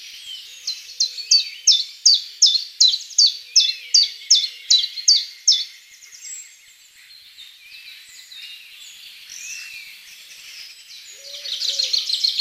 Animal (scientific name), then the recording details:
Phylloscopus collybita. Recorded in the wild. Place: Lilienhof / Kaiserstuhl, Baden-Württemberg, DE. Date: 2003-03-29. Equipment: MiniDisc Sharp MT 20 H, Sennheiser MKH 816. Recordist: Schwarz, Dieter